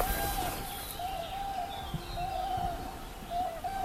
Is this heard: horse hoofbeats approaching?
no